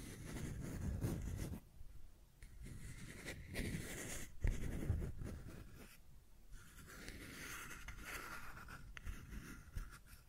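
Scratching and tracing sounds, a pen or tool dragged over a surface in repeated strokes that come and go every second or two. Rough low scraping alternates with brighter, hissy passages, with a sharp tap near four and a half seconds.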